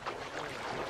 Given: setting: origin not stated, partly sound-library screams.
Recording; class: one-second piece from a danger detection set; normal situation